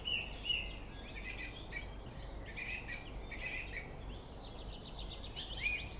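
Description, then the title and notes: Song thrush song of varied short whistled and chattering phrases, fainter and partly masked by a constant low traffic roar. Singing in Friedhof Columbiadamm (Neuer Garnisonsfriedhof) cemetery, Berlin, with distant city traffic noise; recorded on a Sony PCM D50. "Friedhof Columbiadamm, Berlin - Song thrush. Friedhof Columbiadamm (Neuer Garnisonsfriedhof), Song thrush (Singdrossel) singing, distant city. traffic noise (Sony PCM D50)"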